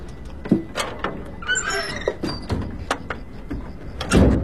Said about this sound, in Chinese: 门咋关上了呢？